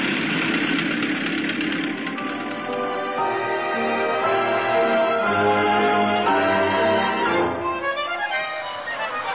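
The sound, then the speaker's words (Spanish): A bus engine idles steadily at a bus stop for about nine seconds, a loud, continuous rumble with a droning hum and slight rattling vibration, no voices over it. “hasta desembocar en la parada de autobuses. Allí se enganchó en el primero que pasó y que la llevaría hasta el taller de mecánica donde trabajaba.”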